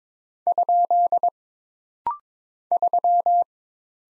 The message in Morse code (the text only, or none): ? 3